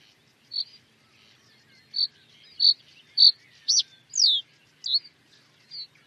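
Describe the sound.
Bird gives four short, level high notes, then a sharp upswept note, a long falling slur and two softer trailing notes.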